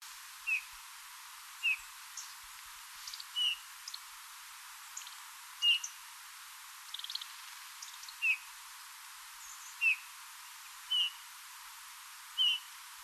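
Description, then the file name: Eurasian bullfinch giving several soft, short piping notes at irregular intervals, with faint higher chirps in the background. "Pyrrhula pyrrhula"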